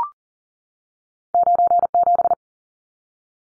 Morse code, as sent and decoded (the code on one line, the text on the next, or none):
----. --...
97